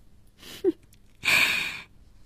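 Two heavy, breathy exhales, a short one with a slight voiced catch and then a longer, louder rushing breath, from a man winded after carrying someone on his back and setting her down, with no talking.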